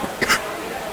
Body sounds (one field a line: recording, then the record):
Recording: coughing mixed with background sound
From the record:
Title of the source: 30 Chesty and wet cough